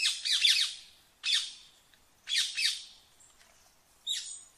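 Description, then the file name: Rose-ringed parakeet giving a few scattered harsh screeches, some in quick pairs, with quiet gaps between. "Canto do periquito indiano"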